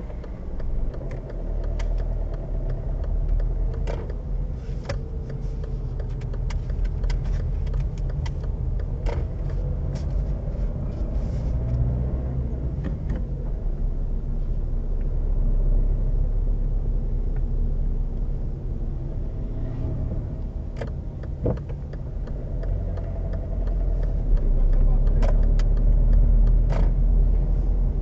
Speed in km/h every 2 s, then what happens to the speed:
4, 11, 11, 10, 9, 14, 17, 15, 17, 14, 13, 11, 14, 19.
0-8 steady at about 10. 8-15 speeds up to 17. 22-28 speeds up to 19.